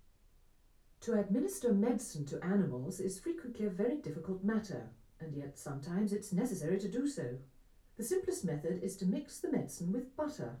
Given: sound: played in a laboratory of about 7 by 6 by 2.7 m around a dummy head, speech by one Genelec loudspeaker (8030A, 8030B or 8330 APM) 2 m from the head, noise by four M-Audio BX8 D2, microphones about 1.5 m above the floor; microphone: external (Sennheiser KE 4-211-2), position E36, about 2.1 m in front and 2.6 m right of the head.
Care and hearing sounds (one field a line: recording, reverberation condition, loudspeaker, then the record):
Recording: female speech in English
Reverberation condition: low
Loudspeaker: 120 degrees to the right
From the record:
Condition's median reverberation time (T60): about 310 ms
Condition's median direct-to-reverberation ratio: about 3.5 dB